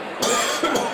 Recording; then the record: coughing mixed with background sound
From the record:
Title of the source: Mid-morning Winter Coughing Fit